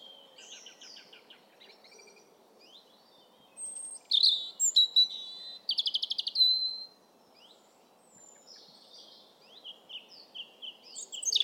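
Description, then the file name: European robin song in several bursts: sparkling high notes, a fast rattling trill in the middle, then softer scattered twitters. "Erithacus rubecula"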